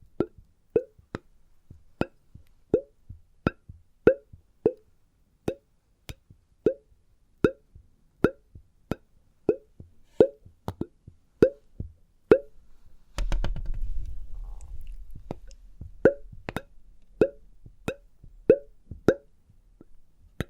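Sharp test-tube taps and plops repeat steadily about every half second, joined after thirteen seconds by a low rumbling hum underneath.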